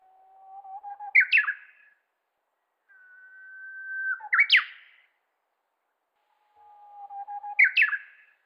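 Bird song: each phrase opens with a long, level whistle, then breaks into a rising, fluttering, buzzy flourish. Three phrases are heard, spaced about three seconds apart.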